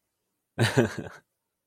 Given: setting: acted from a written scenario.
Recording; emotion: vocal sound without words; amusement